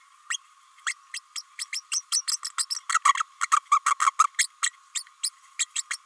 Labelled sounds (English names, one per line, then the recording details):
Green-rumped Parrotlet babbling
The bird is a female
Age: 29 days
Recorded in a nest box in Venezuela
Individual 17B32A5